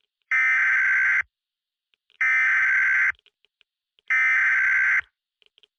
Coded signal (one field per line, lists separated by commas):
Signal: Emergency Alert System (SAME) tones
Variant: header bursts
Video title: THE ORPHAN SOURCE | EAS Nuclear Disaster Scenario